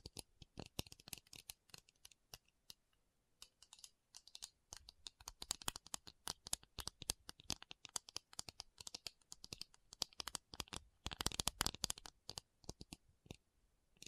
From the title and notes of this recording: ASMR 1 Hour Tapping Session (No Talking).